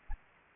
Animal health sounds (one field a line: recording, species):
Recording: mosquito wingbeat signal from an infrared sensor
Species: Aedes aegypti